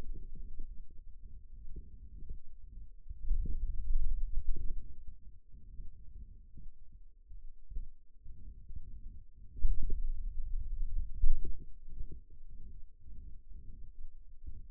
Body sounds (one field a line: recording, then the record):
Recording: forearm muscle sounds (acoustic myography)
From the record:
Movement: finger pinch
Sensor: system 2, bracelet of six BSWA MPA416 microphones around the upper forearm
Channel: 1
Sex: male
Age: 22 years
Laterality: right